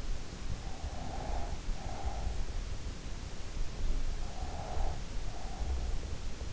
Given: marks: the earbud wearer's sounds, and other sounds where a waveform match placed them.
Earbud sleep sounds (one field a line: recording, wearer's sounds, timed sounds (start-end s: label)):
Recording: sounds in sleep by an in-ear microphone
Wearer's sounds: breath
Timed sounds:
0.87-2.75 s: breath
4.23-5.92 s: breath